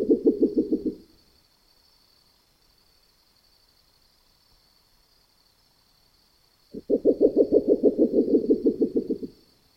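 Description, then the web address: Spectacled owl giving rapid, low, knocking hoots: a brief burst at the start, about six seconds of quiet, then a three-second pulsed series, over a steady faint high whine. In the Neotropics. "neotropicheskaya ochkovaya sova"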